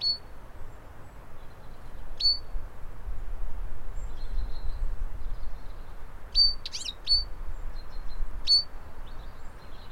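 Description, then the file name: European goldfinch giving short, high chirping call notes, scattered singly and in pairs throughout over a steady low rumble. "Carduelis carduelis"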